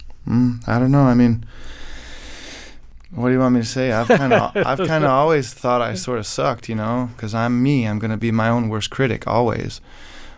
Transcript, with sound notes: I don't know. I mean, what do you want me to say?
(Laughter).
I've kind of always thought I sort of sucked, you know, 'cause I'm me. I'm going to be my own worst critic, always.